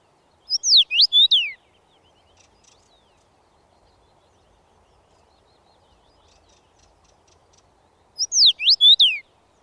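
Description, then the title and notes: Common Rosefinch song: a brief bright whistled phrase of swooping notes, given twice with a long pause between, with faint soft sounds in the gap. Featured as nature sound of the week; sings in field-edge thickets, clearing saplings and lush gardens, males typically from a visible perch. "Viikon luontoääni: Punavarpunen. Risto Salovaara. Yle"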